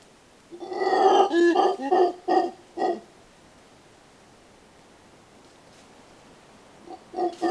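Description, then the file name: Mantled howler monkey howling, a deep, harsh roar broken into several throaty pulses, then quiet, with the roars starting again near the end. Recorded in Santa Rosa National Park, Costa Rica. "Mantled Howler Monkey (Alouatta palliata) (W ALOUATTA PALLIATA R1 C2)"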